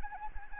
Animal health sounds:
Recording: mosquito wingbeat signal from an infrared sensor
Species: Anopheles arabiensis

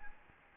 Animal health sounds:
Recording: mosquito wingbeat signal from an infrared sensor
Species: Aedes albopictus

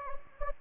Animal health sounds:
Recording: mosquito wingbeat signal from an infrared sensor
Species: Anopheles gambiae

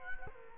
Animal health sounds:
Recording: mosquito wingbeat signal from an infrared sensor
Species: Culex quinquefasciatus

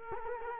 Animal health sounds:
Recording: mosquito wingbeat signal from an infrared sensor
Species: Culex quinquefasciatus

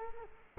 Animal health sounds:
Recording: mosquito wingbeat signal from an infrared sensor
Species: Culex quinquefasciatus

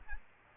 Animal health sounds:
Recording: mosquito wingbeat signal from an infrared sensor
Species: Aedes albopictus

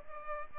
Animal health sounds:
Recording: mosquito wingbeat signal from an infrared sensor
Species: Culex pipiens

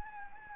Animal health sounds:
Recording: mosquito wingbeat signal from an infrared sensor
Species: Anopheles gambiae

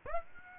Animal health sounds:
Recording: mosquito wingbeat signal from an infrared sensor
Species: Aedes aegypti

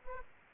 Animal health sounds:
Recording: mosquito wingbeat signal from an infrared sensor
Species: Aedes aegypti

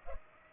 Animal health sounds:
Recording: mosquito wingbeat signal from an infrared sensor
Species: Culex pipiens

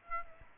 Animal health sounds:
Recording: mosquito wingbeat signal from an infrared sensor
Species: Aedes albopictus

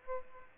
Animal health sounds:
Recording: mosquito wingbeat signal from an infrared sensor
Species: Aedes aegypti

